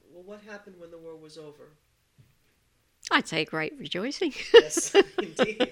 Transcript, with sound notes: Well, what happened when the war was over?
I'd say a great rejoicing. ( she laughs )
Yes, indeed.